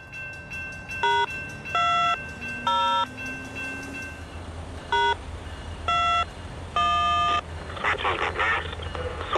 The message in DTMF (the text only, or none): #20 #21